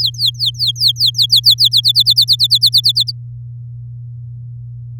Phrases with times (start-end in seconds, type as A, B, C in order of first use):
0.00-1.81 A, 1.83-3.11 B